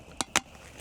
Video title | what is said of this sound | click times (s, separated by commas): DIY Wall Vent Install for Fume Extraction - Maker Space Upgrade | and push it until it clicks. | 0.2 s, 0.4 s